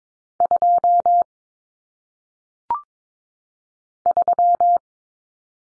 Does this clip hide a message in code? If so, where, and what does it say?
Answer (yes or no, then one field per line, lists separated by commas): yes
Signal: Morse code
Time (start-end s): 0.4-4.8 s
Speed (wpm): 22 wpm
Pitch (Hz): 700 Hz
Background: none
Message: 2 3